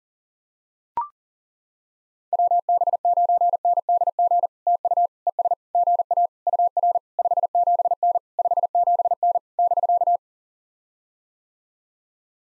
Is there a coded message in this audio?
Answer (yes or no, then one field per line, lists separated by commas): yes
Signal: Morse code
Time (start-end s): 2.3-10.2 s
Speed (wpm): 40 wpm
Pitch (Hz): 700 Hz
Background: none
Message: WB9NDG TU ES GA UR 57N 57N <BK>